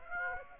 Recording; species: mosquito wingbeat signal from an infrared sensor; Aedes aegypti